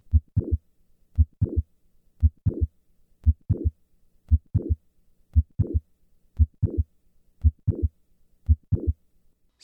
Mitral Valve Prolapse. The change in the click murmur with a squat maneuver. Squatting. The classic click murmur complex moves later with squat maneuver.